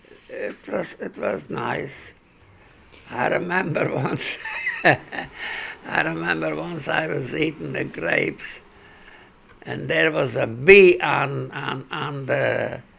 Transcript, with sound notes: It was nice. I remember once, (he laughs) I remember once I was eating the grapes, and there was a bee on the,